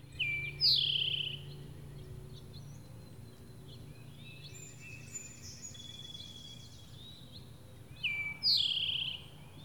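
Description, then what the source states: Towhee song phrases at the start and end, each a sharp introductory note and a buzzy falling trill, with soft chirping between and a constant low hum. Singing in spring, recorded March 31, 2012.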